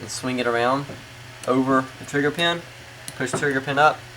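Someone talks while the safety arm of a Savage 93R17 rifle trigger group is swung around over the trigger pin and the pin is pushed up. Speech fills the clip with quiet gaps between phrases, and no sharp impacts stand out. Nothing has seated or clicked yet; the metal safety part has not snapped into place.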